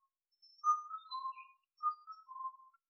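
Indian cuckoo calling: two clear whistled phrases of several notes each, the last note of each phrase lower, in quick succession.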